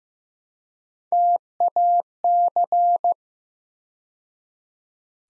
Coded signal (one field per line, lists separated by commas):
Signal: Morse code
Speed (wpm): 15 wpm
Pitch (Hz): 700 Hz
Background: none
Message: TAC